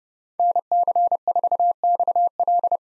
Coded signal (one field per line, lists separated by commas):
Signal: Morse code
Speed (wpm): 30 wpm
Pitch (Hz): 700 Hz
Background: none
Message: NC4XL